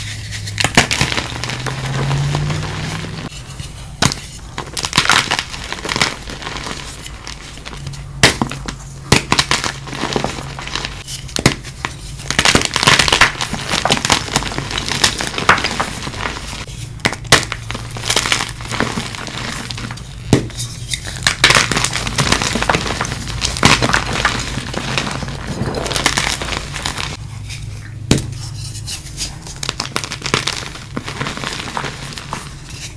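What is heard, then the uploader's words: Chalk is crushed and crumbled, a dense run of dry crunching and crinkling with sharp bright snaps every second or so. A low steady hum sits underneath, rising and falling in pitch at times. Audio only compilation of amazing crushes.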